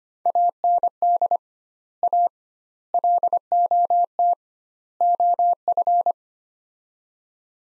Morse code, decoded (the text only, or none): AND A LOT OF